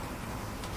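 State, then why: Not seated. The front headlight wiring connector is being handled against the harness plug during assembly of a Tao Tao CY150A scooter, with a steady low background and a brief sharp sound at 0.8 seconds. Nothing has seated or clicked yet.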